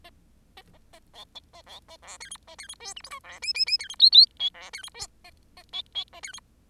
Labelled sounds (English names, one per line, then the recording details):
Bengalese Finch song
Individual Bird10